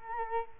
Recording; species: mosquito wingbeat signal from an infrared sensor; Culex quinquefasciatus